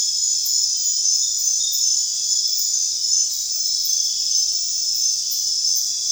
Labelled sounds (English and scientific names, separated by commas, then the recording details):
none
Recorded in secondary vegetation near Puerto Asís, Putumayo, Colombia, on 23 June 2025 at 23:00
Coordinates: 0.498, -76.327
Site GP09